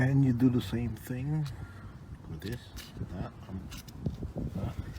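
Someone talks while handling the second plastic wire connector for the transmission shift solenoid on a 2005 Ford Focus ZX5 whose O/D light blinks nonstop, pushing it in the same way as the first. A few faint, brief handling ticks come near 4.1, 4.2 and 4.4 seconds. Nothing has seated or clicked yet.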